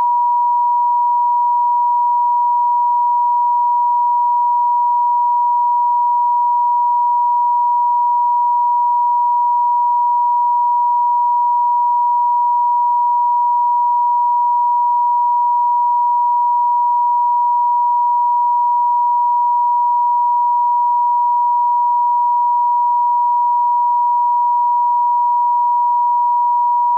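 A pure tone at 963 Hz holds perfectly steady for the whole clip, a single clean pitch sitting in the upper middle range. It never wavers in loudness or pitch, with nothing else underneath and no background sound at all.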